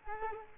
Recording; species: mosquito wingbeat signal from an infrared sensor; Culex quinquefasciatus